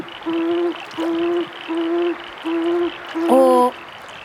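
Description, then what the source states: Tawny Frogmouth calling: a series of low humming oom notes, five in a row, each about half a second long with short gaps between them, the last a little louder. Calling out in the night.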